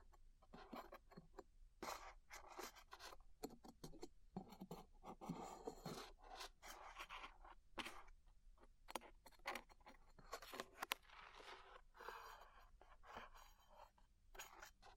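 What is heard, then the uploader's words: Peeling glue off ears: a steady run of sticky crackles, rubbing and scraping sounds, with many sharp clicks and snaps scattered through the full fifteen seconds. The texture stays busy and bright throughout, with brief quieter gaps and a slightly harsher burst around eleven seconds. ASMR Peeling Glue Off Your Ears (No Talking).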